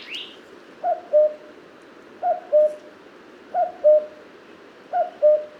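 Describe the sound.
Common cuckoo giving clear, falling two-note cu-coo calls, four in a row about every 1.4 seconds, with a brief high chirp from another bird at the start.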